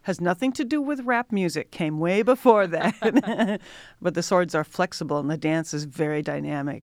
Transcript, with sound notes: Has nothing to do with rap music, came way before then. [LAUGHTER] But the swords are flexible, and the dance is very dynamic.